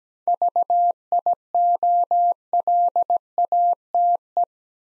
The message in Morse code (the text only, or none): VIOLATE